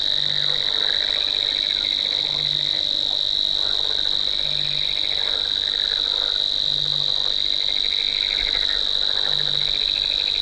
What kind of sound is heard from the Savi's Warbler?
song